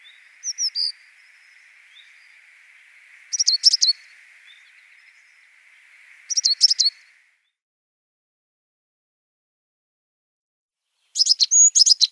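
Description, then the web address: African blue tit song: short high buzzy phrases at intervals over a steady hiss, with a quiet gap before a final phrase. Subspecies ultramarinus; song. "Schulze Peter African Blue Tit"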